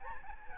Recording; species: mosquito wingbeat signal from an infrared sensor; Aedes albopictus